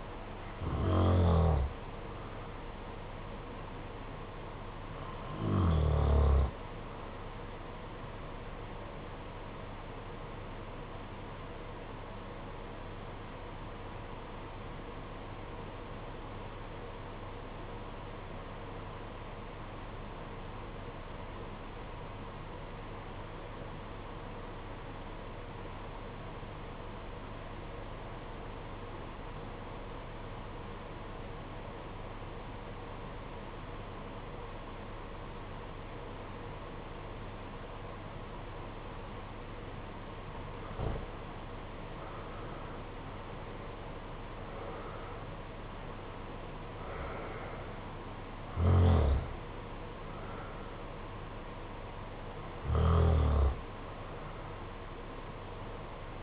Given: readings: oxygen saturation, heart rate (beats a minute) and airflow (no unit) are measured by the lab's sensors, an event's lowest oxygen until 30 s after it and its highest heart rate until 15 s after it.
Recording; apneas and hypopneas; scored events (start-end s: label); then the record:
breathing in sleep by a voice recorder at the bedside; 1
10.00-42.00 s: obstructive apnea (REM, oxygen 96% highest, then 74% lowest, heart rate 61 at the start, 80 highest)
16.00-56.23 s: new sleep stage, N1 (lightest sleep)
From the record:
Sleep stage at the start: REM sleep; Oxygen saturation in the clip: 73 to 96%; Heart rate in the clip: 58 to 80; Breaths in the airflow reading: 7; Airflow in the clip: -11.1 to 9.2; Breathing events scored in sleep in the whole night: 476 in 9.7 hours asleep